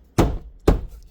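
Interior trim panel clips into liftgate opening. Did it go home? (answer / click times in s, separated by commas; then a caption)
yes / 0.2 s, 0.7 s. The front of a plastic interior trim panel on a Ford Explorer liftgate is pushed into the liftgate opening, with its back side already popped in, during a power liftgate strut replacement. Two sharp, low, thudding clicks are heard at 0.2 s and 0.7 s as the panel's clips lock, and the panel is seated in place.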